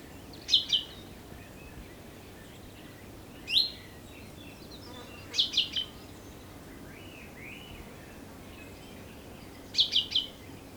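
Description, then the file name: Common chaffinch calls: short, high, sharp notes, often in pairs or triplets, repeated every few seconds over steady low background noise. "Fringilla coelebs"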